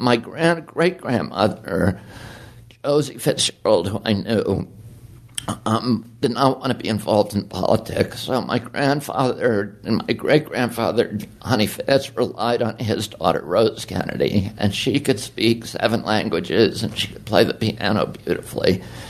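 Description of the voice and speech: Fluent adult male speech with a rough, creaky, strained voice that wavers and trembles, especially when he first starts talking: spasmodic dystonia, a focal voice-box dystonia. His voice was very strong until age 42, when the disorder began; it usually improves as the voice warms up and is often really bad in the morning, as it is here.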